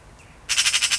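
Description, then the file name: Eurasian magpie chattering: a burst of harsh, rasping pulses repeated quickly, roughly six in half a second, running to the end. "Pica pica"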